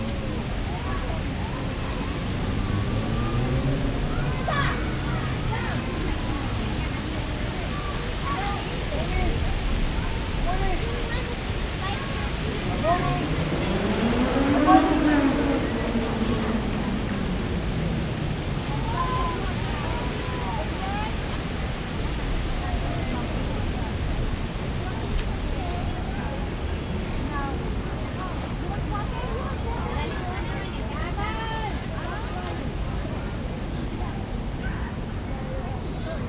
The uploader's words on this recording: London. Kensington Palace. Evening.